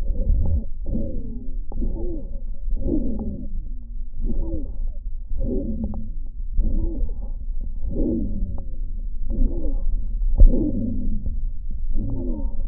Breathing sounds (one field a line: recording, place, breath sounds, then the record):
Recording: lung sounds by stethoscope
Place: left posterior upper chest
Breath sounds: expiratory wheeze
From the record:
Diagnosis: asthma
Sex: female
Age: 41 years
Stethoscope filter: diaphragm mode, 100 to 500 Hz